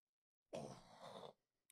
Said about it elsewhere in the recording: I'm still working through a bunch of phlegm for some reason. that's always me just hawking up shit.